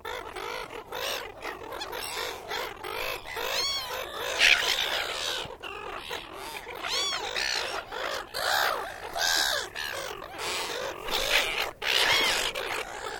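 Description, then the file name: Gull flock giving a steady stream of harsh, downward-curving squeals and mewing cries, calls overlapping continuously with brief louder bursts throughout. Large group of gulls feeding at Williamstown. "BIRD SEAGULLS WILLIAMSTOWN LARGE GROUP FEEDING"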